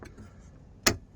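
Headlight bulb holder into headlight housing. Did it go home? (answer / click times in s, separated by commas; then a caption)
yes / 0.9 s. On a 2012 VW Passat, the headlight bulb holder is pushed at the bottom and pulled at the top to lock it back into the plastic headlight housing. After a faint tick near the start, a single loud, sharp click sounds at 0.9 s as the holder locks into place.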